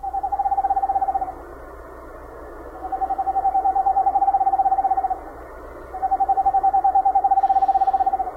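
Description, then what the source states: Eastern Screech Owl, higher-pitched monotone whinny: three steady trills separated by short pauses. Higher-pitched monotone whinny, usually given by the female; made by the adult, heard at dusk or in the middle of the night.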